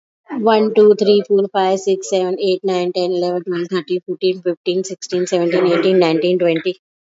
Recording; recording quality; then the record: counting at a normal pace; excellent, no background noise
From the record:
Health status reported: respiratory illness, not identified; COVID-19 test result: not tested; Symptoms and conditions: asthma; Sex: female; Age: 46 years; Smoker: not ticked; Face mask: worn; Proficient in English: yes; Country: India